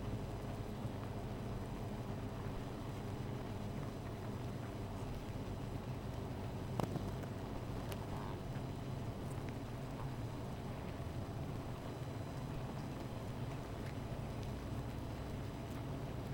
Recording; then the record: honeybee colony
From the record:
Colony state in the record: missing queen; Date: 14 July 2017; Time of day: 16:06